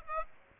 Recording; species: mosquito wingbeat signal from an infrared sensor; Aedes aegypti